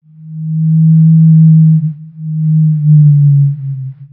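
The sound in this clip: Blue whale call: a low, steady tonal moan in two long drawn-out units with faint upper overtones, the second sagging slightly in pitch as it fades; nothing else heard.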